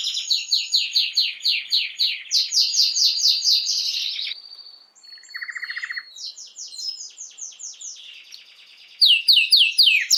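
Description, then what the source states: Canary song with rapid high rolling trills, a short pause with thin whistles and a low buzzy burst, then renewed fast trilling. Male Belgian canary named Raiden singing a lot; played to warm up young birds and Belgian canaries.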